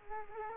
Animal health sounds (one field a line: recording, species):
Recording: mosquito wingbeat signal from an infrared sensor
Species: Culex quinquefasciatus